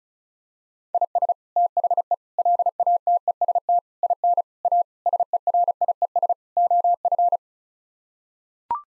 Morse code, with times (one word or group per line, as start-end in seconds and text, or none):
0.9-1.3 IS
1.6-2.1 THE
2.4-3.8 LATEST
4.0-4.4 IN
4.7-4.8 A
5.1-6.3 SERIES
6.6-7.4 OF